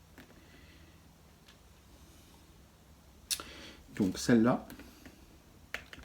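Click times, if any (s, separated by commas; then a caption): 5.7 s. A plastic arrow accessory is pushed into a pre-made hole in a 1/6 scale action figure's shield. Someone talks, then a sharp snap is heard at 5.7 s, and the arrow plugs in and fits well.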